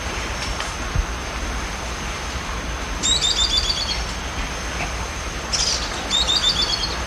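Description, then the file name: Bird calls in two short bursts of high, thin chirps, each a quick run of several notes, about three seconds apart, over a steady low rumble. "SABIOD 50 bird 2015"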